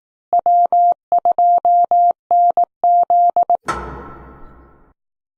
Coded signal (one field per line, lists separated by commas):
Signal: Morse code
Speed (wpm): 18 wpm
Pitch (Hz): 700 Hz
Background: none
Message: W2NZ